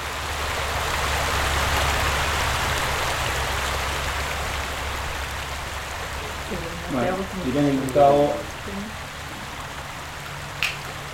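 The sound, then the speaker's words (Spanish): A steady, broad rush of the flowing Río Negro, recorded on its bank a few metres from the water at Allen, Río Negro, fills the whole stretch, with a short burst of indistinct voices rising over it near the end and a faint click after. “estamos sobre la costa oeste, en Allen, Río Negro, sobre la margen del Río Negro, a escasos metros del Río Negro, gracias a Dios, un lugar muy, muy lindo, que era muy lindo.”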